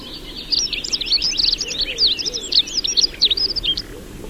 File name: prunella modularis